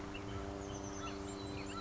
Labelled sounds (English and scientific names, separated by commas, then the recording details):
Oak Titmouse (Baeolophus inornatus)
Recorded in Sonoma County, California